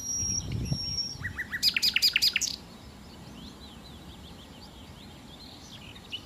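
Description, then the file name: Common nightingale phrase of quick rising notes, then a fast run of loud, repeated churring pulses, followed by faint twittering. "Nachtigall"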